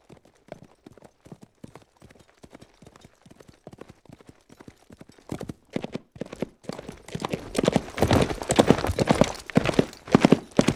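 Horse hoofbeats, sparse and quick at first, then louder and denser as the galloping builds over the last few seconds.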